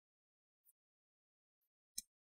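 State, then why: Seated. The bottom cover of a Dell Latitude 7440 (B8RHFY3) P174G laptop is set back onto the chassis, its front edge squeezed in at a 45° angle. After faint high ticks at about 0.7 s and 1.6 s, the plastic front clips snap in with one sharp, short click at 2.0 s, and the cover is seated.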